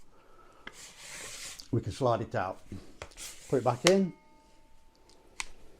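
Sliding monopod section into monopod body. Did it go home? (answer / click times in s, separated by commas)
yes / 5.4 s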